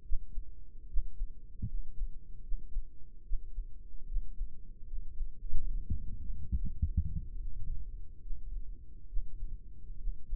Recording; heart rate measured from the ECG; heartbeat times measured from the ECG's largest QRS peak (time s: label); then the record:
heart sounds by microphone in the right ear; 72 bpm
0.02 s: heartbeat
0.87 s: heartbeat
1.67 s: heartbeat
2.41 s: heartbeat
3.22 s: heartbeat
4.05 s: heartbeat
4.85 s: heartbeat
5.66 s: heartbeat
6.53 s: heartbeat
7.39 s: heartbeat
8.20 s: heartbeat
9.06 s: heartbeat
9.96 s: heartbeat
From the record:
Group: healthy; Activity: rest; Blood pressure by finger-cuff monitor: 116/61 mmHg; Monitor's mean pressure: 73 mmHg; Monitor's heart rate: 74 bpm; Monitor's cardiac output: 5.8 L/min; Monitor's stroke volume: 78 mL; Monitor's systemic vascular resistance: 880 dyn s/cm5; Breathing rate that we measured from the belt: 21 breaths a minute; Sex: male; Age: 20 years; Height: 167 cm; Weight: 61 kg